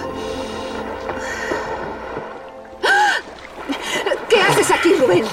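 Water splashes and sloshes in a few loud, broad bursts as someone moves about bathing in a lagoon, with gasps and breathy vocal sounds mixed in between the splashes.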